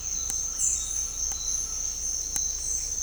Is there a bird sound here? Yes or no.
yes